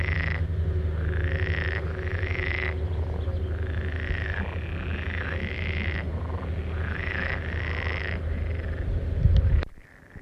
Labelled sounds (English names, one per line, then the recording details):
Pool Frog call
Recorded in the wild
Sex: male
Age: adult
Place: Höhenland, OT Steinbeck, Barnim, Brandenburg, DE
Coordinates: 52.7083, 13.9231
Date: 1967-06-23
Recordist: Günther, Rainer